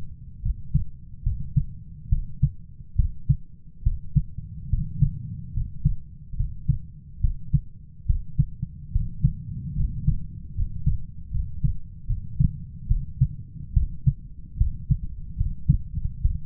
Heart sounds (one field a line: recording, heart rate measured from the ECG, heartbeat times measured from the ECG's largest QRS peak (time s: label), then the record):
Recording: heart sounds by stethoscope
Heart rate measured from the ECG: 72 bpm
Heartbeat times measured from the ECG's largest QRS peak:
0.42 s: heartbeat
1.23 s: heartbeat
2.09 s: heartbeat
2.95 s: heartbeat
3.83 s: heartbeat
4.69 s: heartbeat
5.53 s: heartbeat
6.36 s: heartbeat
7.20 s: heartbeat
8.06 s: heartbeat
8.91 s: heartbeat
9.75 s: heartbeat
10.54 s: heartbeat
11.30 s: heartbeat
12.06 s: heartbeat
12.87 s: heartbeat
13.73 s: heartbeat
14.57 s: heartbeat
15.36 s: heartbeat
16.21 s: heartbeat
From the record:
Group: healthy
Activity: cold pressor test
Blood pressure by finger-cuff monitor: 136/80 mmHg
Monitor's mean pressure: 96 mmHg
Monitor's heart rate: 71 bpm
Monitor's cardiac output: 7.8 L/min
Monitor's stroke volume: 109 mL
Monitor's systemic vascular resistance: 910 dyn s/cm5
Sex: male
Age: 23 years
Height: 178 cm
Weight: 96.6 kg